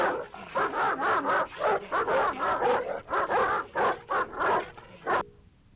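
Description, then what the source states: Dogs barking and whining in quick overlapping bursts, cutting off abruptly near the end. Several dogs barking and whining.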